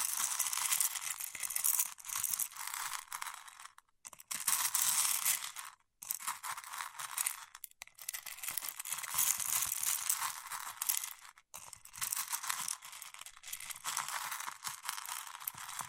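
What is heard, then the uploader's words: Waxed fingertips rubbing and rustling make a dense, crisp crackle that is bright and thin, with almost no low end. The sticky texture runs in bursts, broken by short pauses around four, six, eight and eleven seconds. ASMR with Wax Fingertips for Sleep (No Talking).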